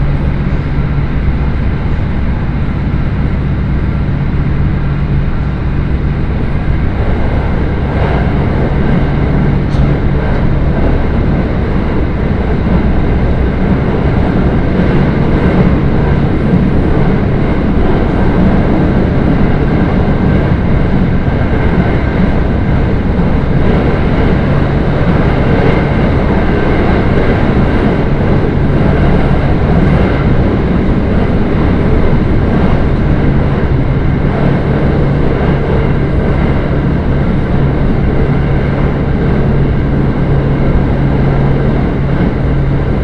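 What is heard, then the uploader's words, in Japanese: Steady rumble of a train ride on the Echigo Tokimeki Railway, a dense low drone with a humming tone that fades in and out. The sound stays loud and even throughout, with rattling texture in the middle and a brief click near ten seconds. 耳で楽しむ鉄道旅 えちごトキめき鉄道 高田→直江津→糸魚川。ディーゼルカー1両で足りてしまいます。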